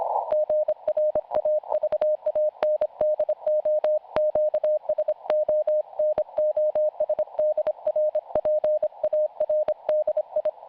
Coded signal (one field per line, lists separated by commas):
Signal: Morse code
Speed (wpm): 24 wpm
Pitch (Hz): 610 Hz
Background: none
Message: GRAVANDO QSO NO SDR PARDI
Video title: PY2YD e PY1AX QSO RX SDR PARD.